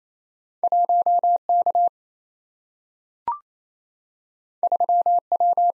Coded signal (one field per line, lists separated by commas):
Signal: Morse code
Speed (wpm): 27 wpm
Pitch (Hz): 700 Hz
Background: none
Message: 1K 3W